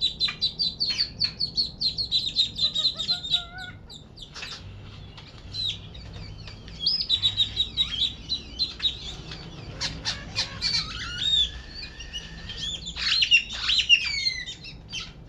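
A noisy backyard full of birdsong, with a rapid run of bright chirps in the first four seconds, then overlapping calls and whistles from several birds after a brief lull. A low, steady rumble sits underneath throughout, and the chatter picks up again near the end.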